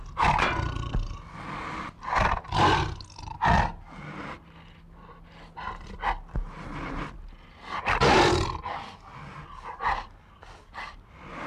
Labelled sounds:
Tiger (Panthera tigris)
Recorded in captivity
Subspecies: tigris
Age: adult
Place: Tierpark Berlin, Berlin, DE
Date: 1960-02-15
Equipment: Reporter, Vollspur
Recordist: TSA

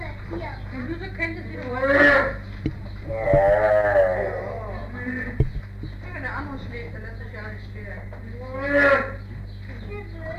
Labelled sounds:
Sun Bear (Helarctos malayanus) call
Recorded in captivity
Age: adult
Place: Tierpark Berlin, Berlin, DE
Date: 1959-05-28 10:00
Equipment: Smaragd
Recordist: TSA

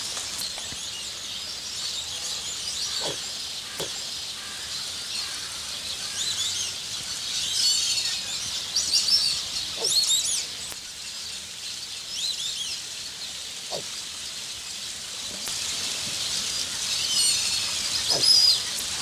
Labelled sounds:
Kori Bustard (Ardeotis kori) call
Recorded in captivity
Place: Zoo Berlin, Berlin, DE
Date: 2003-09-24 16:15
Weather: heiter, 16°C
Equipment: Fair Mate ST-1328 (Asahi Electronics, Japan), Sennheiser ME 80, Kopie Uher 4000 Report Monitor
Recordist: Tembrock, Günter

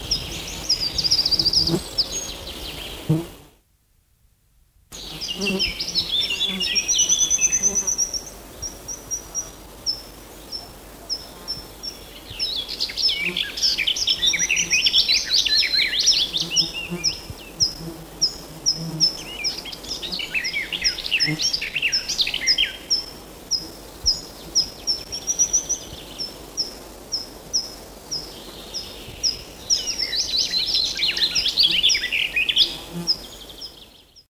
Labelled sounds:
Willow Warbler (Phylloscopus trochilus)
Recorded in the wild
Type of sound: call, begging call, song
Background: Sylvia borin
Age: diverse
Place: Häfern bei Schneeren (Neustadt am Rübenberge), Mecklenburg-Vorpommern, DE
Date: 1986-06-23
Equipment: Halbspur, 9,5 cm/s
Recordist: Lütgens, Hans
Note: Drei flügge Junge betteln und werden gefüttert, zusätzlich Gesang

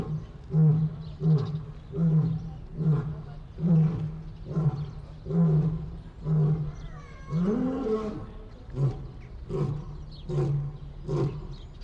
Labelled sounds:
Lion (Panthera leo)
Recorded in captivity
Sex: male
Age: adult
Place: Zoo Berlin, Berlin, DE
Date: 1995-02-04 10:45
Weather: bedeckt, 4°C, Wind
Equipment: Marantz CP 430, Sennheiser ME 80, Kopie Uher Variocord 263
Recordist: Tembrock, Günter

